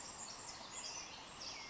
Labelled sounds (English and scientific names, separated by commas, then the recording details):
Pacific Wren (Troglodytes pacificus)
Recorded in Sonoma County, California